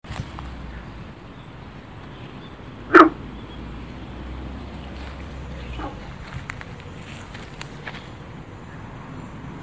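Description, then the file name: Guenther's frog making one short, sharp bark amid steady background noise, with faint scattered clicks afterward. "sylvirana guentheri"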